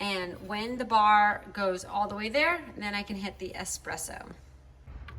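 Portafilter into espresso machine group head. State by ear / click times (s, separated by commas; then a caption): seated / 5.1 s. A filled portafilter with a metal handle and basket is twisted into the group head of a CUSIMAX espresso machine while someone talks. A short tick is heard at 5.1 s as it locks into place.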